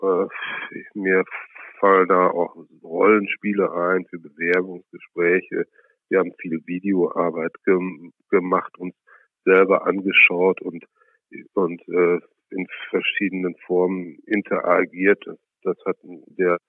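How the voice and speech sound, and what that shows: Mostly fluent German speech from an adult man who has stuttered since childhood, with stretched sounds and a repeated syllable and word: mild stuttering, mainly prolongations rather than blocks. The severe blocks he once had have eased over the years.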